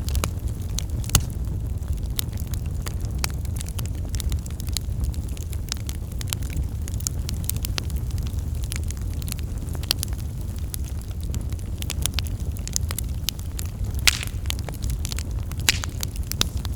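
A campfire crackles steadily over a low, constant rumble, with sharp snaps and pops scattered irregularly throughout, some louder bursts standing out.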